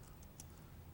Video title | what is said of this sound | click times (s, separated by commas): How To Replace Your AC Compressor- AutoZone Car Care | and locks in place | 0.2 s, 0.4 s